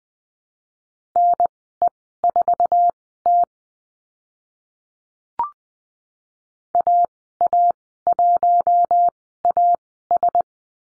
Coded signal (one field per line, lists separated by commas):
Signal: Morse code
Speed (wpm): 20 wpm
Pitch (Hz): 700 Hz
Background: none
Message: NE4T AA1AS